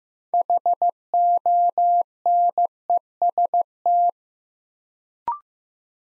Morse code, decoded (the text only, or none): HONEST